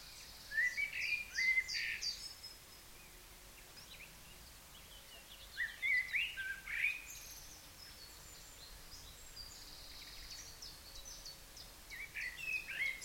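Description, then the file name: Common blackbird song: three short fluty warbled phrases spaced several seconds apart, with faint high twittering and a hissy background between them. "Turdus merula"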